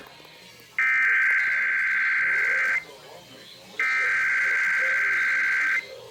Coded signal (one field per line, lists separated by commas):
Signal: Emergency Alert System (SAME) tones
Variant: header bursts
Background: speech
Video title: (EAS #174-177) South Carolina AMBER Alert (2/9/2021)